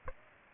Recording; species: mosquito wingbeat signal from an infrared sensor; Aedes aegypti